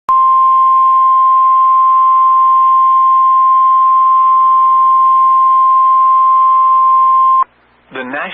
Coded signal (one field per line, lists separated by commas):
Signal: Emergency Alert System (SAME) tones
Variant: 1050 Hz attention tone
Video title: AL SVR EAS #634